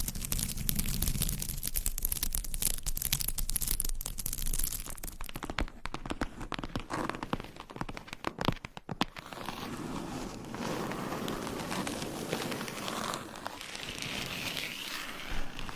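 Scratching and tapping sounds shift every few seconds. Dense, fast scratchy strokes fill the first five seconds, then sharp, irregular taps cluster around six to nine seconds. A softer, steadier rubbing follows, with brief bright swishes near the end.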